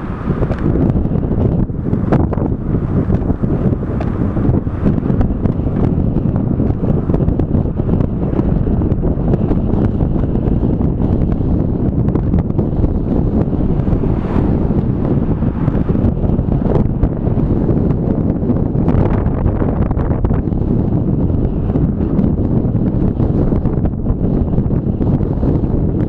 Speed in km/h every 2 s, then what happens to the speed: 20, 20, 21, 21, 22, 22, 23, 23, 24, 25, 25, 25, 26.
0-26 steady at about 23.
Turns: none.